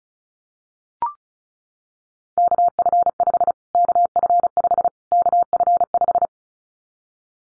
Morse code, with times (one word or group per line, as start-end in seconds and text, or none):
2.4-3.5 KF5
3.8-4.9 KF5
5.1-6.3 KF5